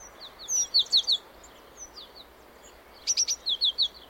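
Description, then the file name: Great tit giving two quick series of bright, high, clipped notes, each a run of several notes, against soft steady background noise. "Parus major"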